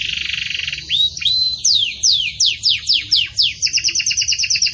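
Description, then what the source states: Belgian canary singing a buzzy trill, then a series of loud descending whistled swoops, ending in a rapid rattle. Pure "campainha" song style delivered with pauses, for training.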